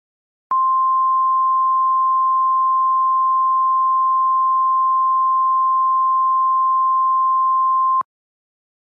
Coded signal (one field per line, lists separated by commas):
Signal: Emergency Alert System (SAME) tones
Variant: 1050 Hz attention tone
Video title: EAS Scenario #32 Cloverfield (400 SUB SPECIAL)